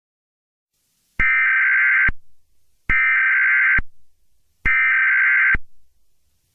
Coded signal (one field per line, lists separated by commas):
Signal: Emergency Alert System (SAME) tones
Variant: header bursts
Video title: COVID-X Part 2: An EAS Scenario